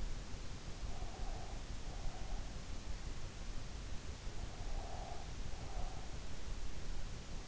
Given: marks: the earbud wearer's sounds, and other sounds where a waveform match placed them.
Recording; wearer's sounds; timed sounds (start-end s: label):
sounds in sleep by an in-ear microphone; breath
0.95-2.62 s: breath
4.76-6.06 s: breath